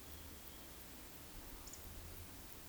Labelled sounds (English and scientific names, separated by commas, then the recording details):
Eurasian Woodcock (Scolopax rusticola) whistle, Eurasian Woodcock (Scolopax rusticola) croak
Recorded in Baden-Württemberg, Germany, on 13 June 2021 at 19:58 UTC
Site 23718, 552 m above sea level